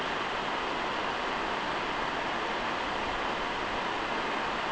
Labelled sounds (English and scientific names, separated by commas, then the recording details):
none
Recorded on Arctic tundra, site NAIT-1, on 29 June 2018
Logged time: 01:00